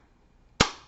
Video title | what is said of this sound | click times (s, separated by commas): Using a CGM! | yep you just put them together and if you've just heard that click they said you will hear a click you push them together | 0.6 s